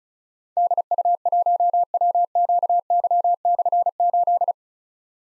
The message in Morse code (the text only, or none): DU1WQY/8